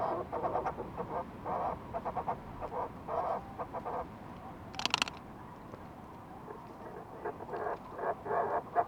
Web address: sound fulmar-prion